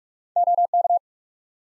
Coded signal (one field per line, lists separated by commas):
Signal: Morse code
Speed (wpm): 47 wpm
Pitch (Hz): 700 Hz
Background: none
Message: OK